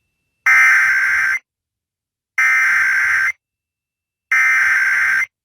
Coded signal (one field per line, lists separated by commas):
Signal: Emergency Alert System (SAME) tones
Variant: header bursts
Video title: [Part 1] Alerts from 4/6/23 - 6/14/23 [EAS #367-399]